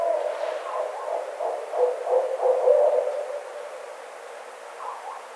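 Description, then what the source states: Barred owl calls: rapid low cackling hoots rising in intensity, then trailing off into softer notes with a brief higher call at the end. Recorded 9 April 2009.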